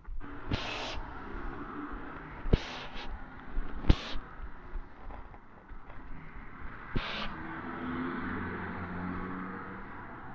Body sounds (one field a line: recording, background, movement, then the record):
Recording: deep breathing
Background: traffic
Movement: walking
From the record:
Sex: male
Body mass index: 21.0 kg/m2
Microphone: on the chest, facing the body